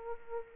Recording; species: mosquito wingbeat signal from an infrared sensor; Anopheles arabiensis